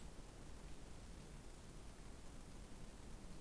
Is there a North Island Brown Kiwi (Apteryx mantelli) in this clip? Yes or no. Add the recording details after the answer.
no. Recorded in New Zealand on 20 November 2013. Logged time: 21:14. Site CG25